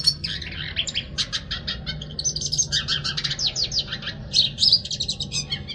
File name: hooded siskin